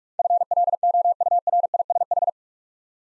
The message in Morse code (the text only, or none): FLOURISH